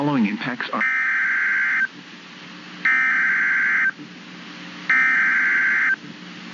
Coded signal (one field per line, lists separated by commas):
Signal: Emergency Alert System (SAME) tones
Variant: header bursts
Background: speech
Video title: Flash Flood Warning Missouri Noaa Weather Radio Station WXL 46 Springfield MO 4/15/26